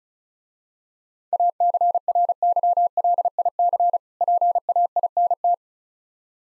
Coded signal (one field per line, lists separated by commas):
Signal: Morse code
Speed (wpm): 35 wpm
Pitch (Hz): 700 Hz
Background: none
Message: ACRYLIC PAINT